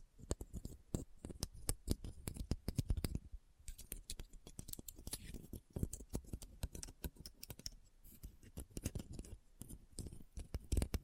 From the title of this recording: Christmas Trigger Assortment (No Talking)